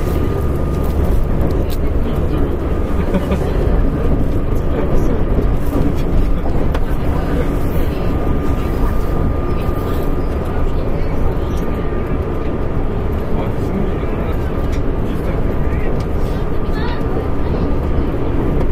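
Running sound of a Nankai 50000 series train, heard as a steady, dense low rumble that holds level for the whole stretch. A faint constant tone hums above the roar, and small clicks and brief knocks surface now and then, with a murmur of voices underneath.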